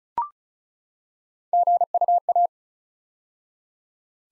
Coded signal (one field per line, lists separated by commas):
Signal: Morse code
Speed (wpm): 36 wpm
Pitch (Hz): 700 Hz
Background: none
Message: GUA